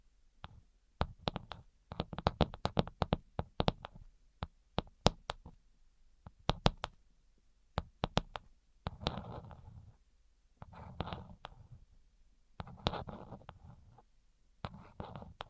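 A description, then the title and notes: Tapping on a surface, sharp quick knocks coming in irregular clusters, densest between about two and four seconds. After nine seconds the taps give way to softer, rustling bursts of rubbing or scratching, repeated every couple of seconds with brief silences between. ASMR 10 Levels of Tapping Tingle Immunity Treatment No Talking.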